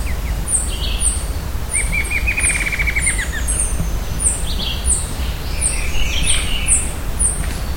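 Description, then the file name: Bird calls: high sharp downslurred notes repeating steadily, a fast trilled phrase in the middle, and constant low rumbling noise underneath. "SABIOD 50 bird 2015"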